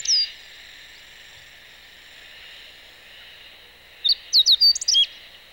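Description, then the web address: Meadow bunting singing a brief burst of sharp, varied chirps near the end, after a lone opening note and a few seconds of steady hiss. Recorded 11 May 2018. "chikushishou bird watching club 2018 5 11 hoojiro"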